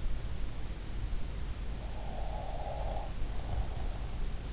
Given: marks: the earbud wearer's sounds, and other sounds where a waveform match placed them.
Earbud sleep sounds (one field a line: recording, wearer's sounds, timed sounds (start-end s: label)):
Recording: sounds in sleep by an in-ear microphone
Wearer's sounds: breath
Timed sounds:
2.90-4.26 s: breath